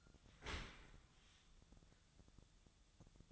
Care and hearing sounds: daily activity, microphone in the room; open dishwasher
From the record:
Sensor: 3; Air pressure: 1004.7 hPa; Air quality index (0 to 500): 94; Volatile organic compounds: 3 ppm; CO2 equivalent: 1447 ppm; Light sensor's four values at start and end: 7/18/7/7 and 7/18/7/7

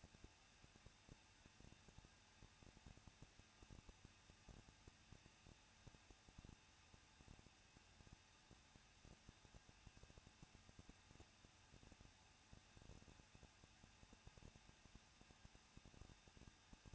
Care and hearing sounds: daily activity, microphone in the room; no activity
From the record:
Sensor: 2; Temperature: 21.0 degrees Celsius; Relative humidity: 37.3%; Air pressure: 1006.3 hPa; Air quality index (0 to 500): 221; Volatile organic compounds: 23 ppm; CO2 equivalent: 2793 ppm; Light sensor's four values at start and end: 2/3/2/2 and 2/3/2/2

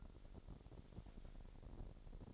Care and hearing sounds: daily activity, microphone in the room; take from stove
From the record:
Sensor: 5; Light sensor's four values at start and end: 44/98/42/45 and 45/103/43/45

